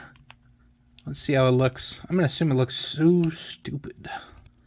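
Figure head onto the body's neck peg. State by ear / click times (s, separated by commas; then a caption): not seated / none. A swapped head is handled at a plastic action figure's neck peg while someone talks, with faint handling ticks near 0.2, 0.3 and 4.5 seconds. The head has not yet seated or clicked onto the peg.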